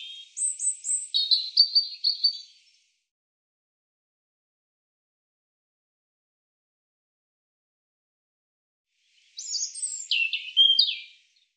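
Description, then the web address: European robin song: two separate phrases of high sweet warbles and thin descending trills, divided by a long silence. "cianscape birddata Deverinetal 2025 Bird Er Ru"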